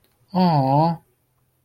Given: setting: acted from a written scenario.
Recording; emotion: vocal sound without words; sympathy